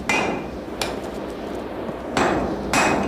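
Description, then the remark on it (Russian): A village blacksmith in Russia's Arkhangelsk region, with the forge fire burning, strikes a workpiece he is forging four times at an uneven pace. Each blow is sharp and loud with a brief metallic ring, over a low steady rumble. No one speaks. “В кузнечном горне горит огонь, Филимон выковывает заготовку.”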